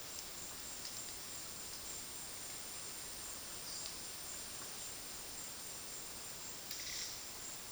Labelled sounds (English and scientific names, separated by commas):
none